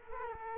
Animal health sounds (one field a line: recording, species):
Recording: mosquito wingbeat signal from an infrared sensor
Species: Culex quinquefasciatus